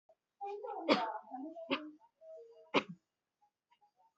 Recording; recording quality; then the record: shallow voluntary cough; excellent, no background noise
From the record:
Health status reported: COVID-19 positive, moderate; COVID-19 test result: positive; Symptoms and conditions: cough, cold, fever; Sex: male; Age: 34 years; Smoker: not ticked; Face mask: worn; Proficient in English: no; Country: India